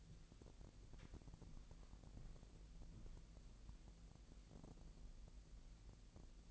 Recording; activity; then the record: daily activity, microphone in the room; walk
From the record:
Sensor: 5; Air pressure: 1002.2 hPa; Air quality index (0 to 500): 236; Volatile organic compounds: 25 ppm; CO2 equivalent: 2832 ppm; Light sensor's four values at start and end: 31/73/30/33 and 31/73/30/33